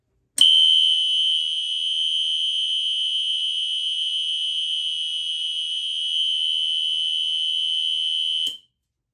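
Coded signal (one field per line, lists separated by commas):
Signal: alarm pattern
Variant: 3K continuous horn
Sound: one loud, harsh, steady high-pitched horn tone lasting about eight seconds, then stopping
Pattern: 1 long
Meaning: Continuous sounding signals an active fire alarm condition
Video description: 4 tone/coding options: .Mechanical Temporal 3 .Mechanical Continuous .3K Temporal 3 .3K Continuous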